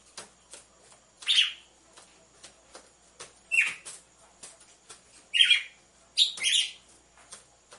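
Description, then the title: Red-cowled cardinal song: brief buzzy chirps given in small groups, with a pair close together near the end, amid light ticking noises. Female song, used to warm up or stimulate males; set with the beat of two males. "Canto Galo Campina Fêmea. ESQUENTE GALO DE CAMPINA COM BATIDA DE DOIS MACHOS"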